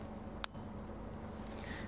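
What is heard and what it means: The ratchet knob on a micrometer screw gauge is turned until the spindle closes, producing a single sharp, very brief click at 0.4 s, with a much fainter tick around 1.5 s over low background hum. The click shows the ratchet has reached closing force, which keeps the spindle from pressing too hard and throwing off the reading.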